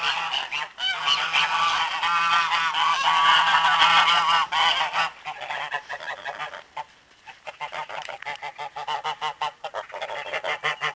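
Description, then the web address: Goose: geese honking in a dense, overlapping chorus of nasal calls that swells for several seconds, then breaks into quieter, rapidly repeated short honks with brief pauses. Geese during food distribution. "oies distribution nourriture"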